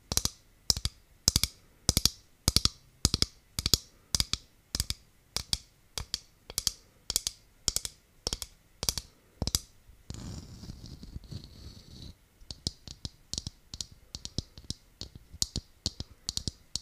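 Sharp, hollow taps on a coconut strike in a steady rhythm, about two per second, for the first ten seconds. A brief stretch of low rumbling and scraping follows around ten to twelve seconds. Then the tapping resumes, lighter, quicker and less even.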